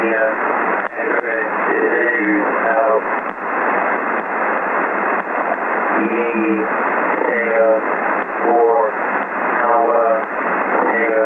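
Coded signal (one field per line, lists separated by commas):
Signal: coded military voice message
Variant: Emergency Action Message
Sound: male voice reading coded characters over single-sideband radio, muffled by steady hiss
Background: radio static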